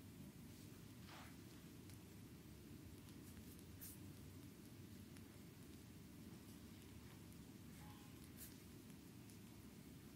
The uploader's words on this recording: ASMR Back and Shoulders massage on chair by Anna.